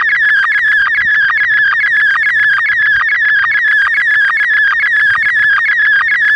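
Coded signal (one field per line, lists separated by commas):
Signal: SSTV (slow-scan television)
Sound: continuous warbling whistle around 1.5-2.3 kHz, with rapid regular ticks from the sync pulses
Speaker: Received DTMF command number 20. SSTV test transmission.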